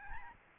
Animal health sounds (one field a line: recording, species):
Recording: mosquito wingbeat signal from an infrared sensor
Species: Aedes albopictus